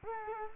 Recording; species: mosquito wingbeat signal from an infrared sensor; Culex quinquefasciatus